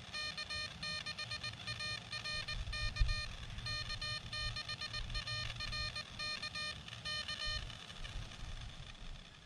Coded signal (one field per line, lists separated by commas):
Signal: Morse code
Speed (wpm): 19 wpm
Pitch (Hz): 2450 Hz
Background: music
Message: K6ARK K6ARK K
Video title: Smallest possible all-mode POTA kit?